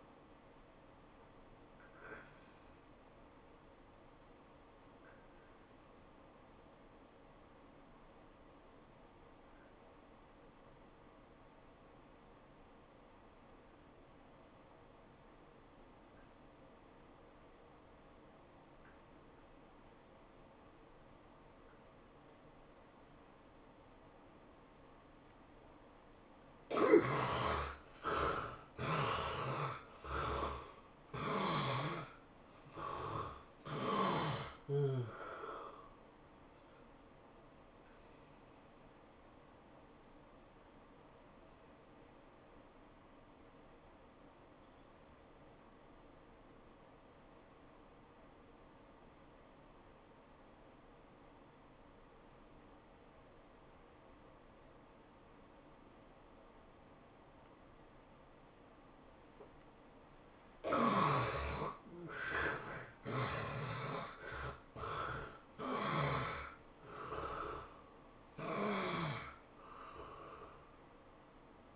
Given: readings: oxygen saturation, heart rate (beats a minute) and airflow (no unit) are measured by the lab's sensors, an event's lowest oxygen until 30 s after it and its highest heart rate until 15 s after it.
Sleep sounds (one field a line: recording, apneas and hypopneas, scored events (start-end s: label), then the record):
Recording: breathing in sleep by a voice recorder at the bedside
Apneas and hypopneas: 2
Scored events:
5.00-27.00 s: obstructive apnea (N1, oxygen 96% highest, then 72% lowest, heart rate 97 at the start, 107 highest)
41.00-60.00 s: obstructive apnea (N1, oxygen 96% highest, then 72% lowest, heart rate 96 at the start, 108 highest)
From the record:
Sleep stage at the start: N1 (lightest sleep)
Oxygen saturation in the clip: 72 to 96%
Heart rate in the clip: 80 to 108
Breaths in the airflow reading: 8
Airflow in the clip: -21.0 to 11.8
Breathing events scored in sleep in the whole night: 403 in 5.5 hours asleep